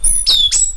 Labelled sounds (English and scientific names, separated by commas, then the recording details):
Stitchbird (Notiomystis cincta) song
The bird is a male
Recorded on Tiritiri Matangi Island, New Zealand, in 2005
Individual 12, of nest box 16